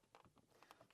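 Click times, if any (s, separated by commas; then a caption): 0.2 s. A fingernail pushes down a small plastic retaining clip on the edge of an interior plastic trim piece in the headliner area of a Rover 75 estate tourer. The clip pops open with a sharp click at 0.2 s, releasing the piece. More short clicking and rustling follows at about 0.6 and 0.7 s as the trim is wiggled out.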